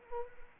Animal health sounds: mosquito wingbeat signal from an infrared sensor; Anopheles arabiensis

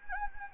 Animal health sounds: mosquito wingbeat signal from an infrared sensor; Anopheles gambiae

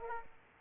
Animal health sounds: mosquito wingbeat signal from an infrared sensor; Aedes aegypti

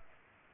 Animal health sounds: mosquito wingbeat signal from an infrared sensor; Culex pipiens

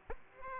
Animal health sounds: mosquito wingbeat signal from an infrared sensor; Aedes aegypti

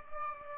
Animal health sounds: mosquito wingbeat signal from an infrared sensor; Aedes aegypti

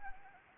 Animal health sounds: mosquito wingbeat signal from an infrared sensor; Anopheles arabiensis

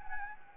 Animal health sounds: mosquito wingbeat signal from an infrared sensor; Anopheles gambiae

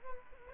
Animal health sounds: mosquito wingbeat signal from an infrared sensor; Aedes albopictus

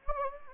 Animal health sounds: mosquito wingbeat signal from an infrared sensor; Anopheles gambiae

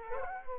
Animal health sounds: mosquito wingbeat signal from an infrared sensor; Culex quinquefasciatus

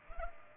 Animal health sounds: mosquito wingbeat signal from an infrared sensor; Culex pipiens

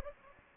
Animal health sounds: mosquito wingbeat signal from an infrared sensor; Anopheles gambiae

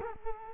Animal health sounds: mosquito wingbeat signal from an infrared sensor; Culex quinquefasciatus

